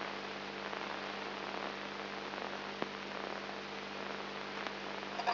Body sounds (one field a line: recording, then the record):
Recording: brain microelectrode recording played as sound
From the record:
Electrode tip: inside the subthalamic nucleus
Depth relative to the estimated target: 2 mm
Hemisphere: left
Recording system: AlphaMap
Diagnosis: Parkinson's disease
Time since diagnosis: 14 years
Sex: male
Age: 59 years